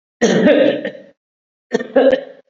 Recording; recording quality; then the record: heavy voluntary cough; excellent, no background noise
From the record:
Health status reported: COVID-19 positive, no symptoms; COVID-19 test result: positive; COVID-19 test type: RT-PCR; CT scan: not taken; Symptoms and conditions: another respiratory illness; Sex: male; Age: 45 years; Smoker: yes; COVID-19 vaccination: both doses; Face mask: worn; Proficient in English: no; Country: India